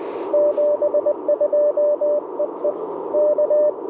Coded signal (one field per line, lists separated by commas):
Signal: Morse code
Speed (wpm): 21 wpm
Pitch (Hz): 590 Hz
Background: radio noise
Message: 72 EE K